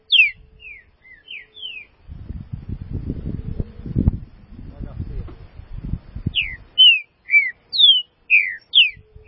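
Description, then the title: Green-winged saltator song, loud whistled downslurred notes in quick phrases at the start and end, separated by a stretch of low rumbling and rustling noise. "Trinca Ferro"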